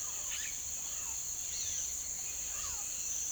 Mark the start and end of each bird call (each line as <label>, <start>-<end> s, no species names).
bird call, 0.00-3.31 s